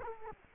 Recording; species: mosquito wingbeat signal from an infrared sensor; Culex quinquefasciatus